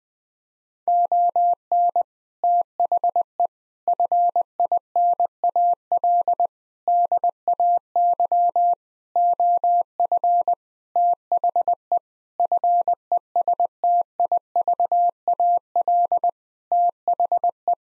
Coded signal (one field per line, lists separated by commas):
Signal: Morse code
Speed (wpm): 21 wpm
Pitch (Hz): 700 Hz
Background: none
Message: ON THE FINAL DAY OF THE FESTIVAL THE